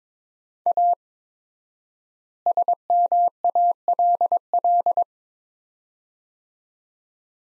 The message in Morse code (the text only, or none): A SMALL